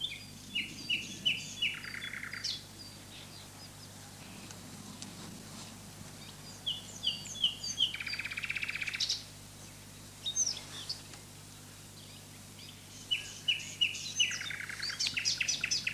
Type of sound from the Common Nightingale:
song